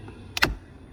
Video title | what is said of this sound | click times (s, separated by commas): HOW TO: INSTALL CABIN AIR FILTER 2013-2015 ACURA ILX | you should hear it click right | 0.4 s